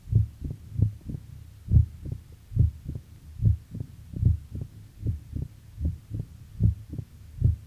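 Low heart sounds at the cardiac apex fall in repeating triplets at about 71 beats a minute. A loud first heart sound and a mitral opening snap, a short high-pitched sound just after the second sound in early diastole as the sclerosed, fused mitral leaflets open, make the triple rhythm typical of mitral stenosis.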